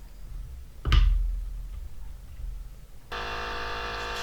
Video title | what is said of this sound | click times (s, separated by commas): Grandpa has a flat tire | you'll hear it pop over the edge of the rim here in a second | 0.9 s